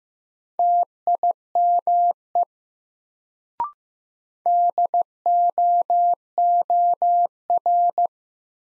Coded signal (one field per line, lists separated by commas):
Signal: Morse code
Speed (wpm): 15 wpm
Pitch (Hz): 700 Hz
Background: none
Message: TIME DOOR